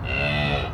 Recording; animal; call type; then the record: contact call of a hoofed animal; cattle; low-frequency (closed-mouth) or high-frequency (open-mouth) call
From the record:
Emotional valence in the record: negative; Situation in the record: full separation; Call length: 0.74 s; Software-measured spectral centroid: 1980 Hz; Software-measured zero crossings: 2640 a second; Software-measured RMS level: -24 dBFS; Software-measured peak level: -10 dBFS